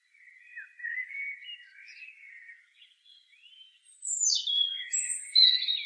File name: Erithacus rubecula